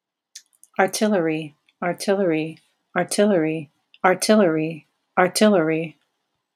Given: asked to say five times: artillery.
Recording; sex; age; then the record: repeated word; female; 50 to 59 years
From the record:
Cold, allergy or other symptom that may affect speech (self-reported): no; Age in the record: 50 years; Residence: Ohio, United States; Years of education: 14